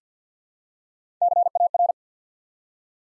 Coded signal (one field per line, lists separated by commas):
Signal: Morse code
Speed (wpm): 50 wpm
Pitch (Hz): 700 Hz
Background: none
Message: CAR